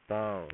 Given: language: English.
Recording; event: throat vibration sensor signal played as sound; speech